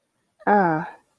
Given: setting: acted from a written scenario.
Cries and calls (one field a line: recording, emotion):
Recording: vocal sound without words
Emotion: neutral